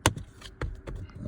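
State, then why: Seated. After its three bottom notches are hooked, the plastic cabin air filter cover of a 2022 Volkswagen Tiguan is pushed into its housing under the dashboard and gives a sharp click at 0.1 s. Softer taps and handling noises follow around 0.2 s, 0.6 s and 1.1 s. The cover is seated and locked in.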